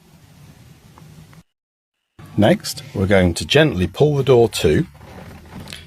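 A motorhome door is gently pulled to against its keep plate after the plate has been moved fully forwards into its slackest position and the screws retightened, while someone talks. One click is heard at 5.7 s as the door latch catches the first of its two lock stages.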